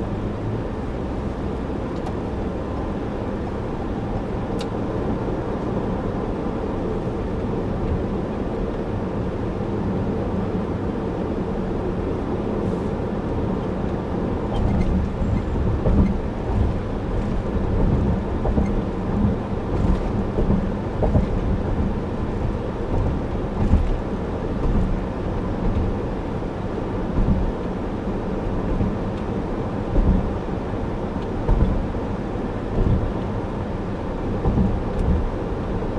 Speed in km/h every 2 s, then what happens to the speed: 79, 84, 87, 87, 85, 85, 84, 84, 84, 84, 85, 85, 85, 85, 85, 85, 85, 85.
0-4 speeds up to 87. 4-36 steady at about 85.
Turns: none.